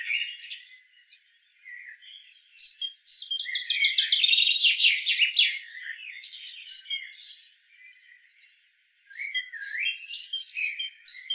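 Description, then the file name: Great tit calls: a scratchy churring rattle in the middle, flanked by high clipped repeated notes and lower twittering chatter. "Parus major"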